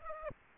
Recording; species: mosquito wingbeat signal from an infrared sensor; Aedes aegypti